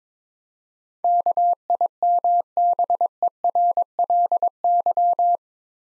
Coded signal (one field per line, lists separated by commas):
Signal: Morse code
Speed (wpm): 22 wpm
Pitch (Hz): 700 Hz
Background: none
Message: KIMBERLY